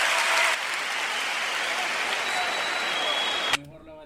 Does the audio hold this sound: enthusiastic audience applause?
yes